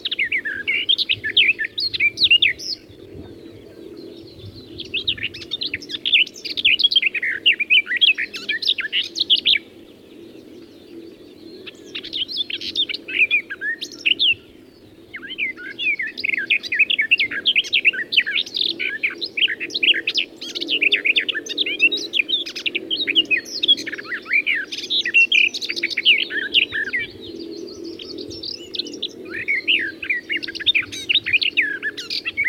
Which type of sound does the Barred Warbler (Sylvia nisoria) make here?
song